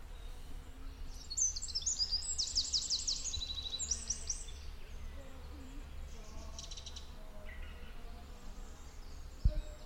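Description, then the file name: Eurasian wren, a burst of high, rapid trilled and ticking notes lasting about three seconds, followed by fainter scattered chirps over a steady low background rumble. "Troglodytes troglodytes"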